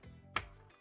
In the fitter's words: So line up the connector. It can only go on one way, and then gently push it on until you hear it snap.